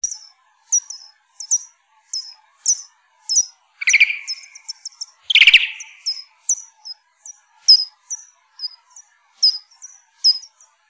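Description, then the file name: Soprano pipistrelle calls: a rapid, uneven series of short, high, downward-sweeping chirps, broken near the middle by two louder, lower, buzzy calls. "Ppyg"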